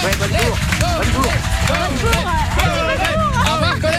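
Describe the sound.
An audience applauds steadily for about four seconds, the dense clapping mixed with loud cheering and overlapping voices from the crowd, holding at an even, fairly loud level throughout.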